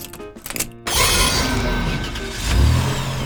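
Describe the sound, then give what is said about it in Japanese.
As Gremory turns the key of a demon-style car that runs on the driver's magic, its engine cranks with a brief stuttering whir, then catches and settles into a steady rumbling idle, swelling slightly in a low growl near the end. “キーを回すとともにグレモリーさんの魔力がエンジンに送られ動き出しますよ。”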